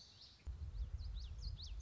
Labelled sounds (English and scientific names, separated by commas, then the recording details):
Common Yellowthroat (Geothlypis trichas)
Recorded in Sonoma County, California